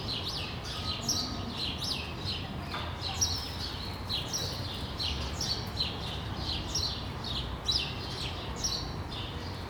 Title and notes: Rue de l'épargne, Bruxelles, Bruxelles-Capitale, Belgique - World Sparrow Day. Sparrows - moineaux